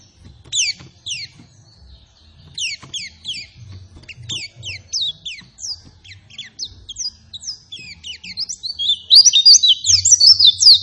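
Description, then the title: White-eye singing in quick high chirps that slide downward, growing denser and louder toward the end into a rich warbling burst, with faint low rumbling beneath. Vigorous, persistent lure song meant to make other white-eyes respond and answer at once; a singing white-eye is described as gacor. "Pleci Gacor. Apapun plecinya AKAN LANGSUNG MERESPON dan NYAUT dengan pancingan pleci ngotot ini"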